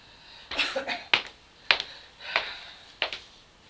Cough And Spit.